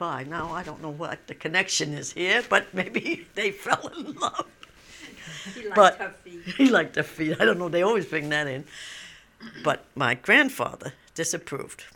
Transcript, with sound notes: Now, I don't know what the connection is here, but maybe they fell in love. ( they laugh )
He liked her feet.
He liked her feet. I don't know. They always bring that in. But my grandfather disapproved.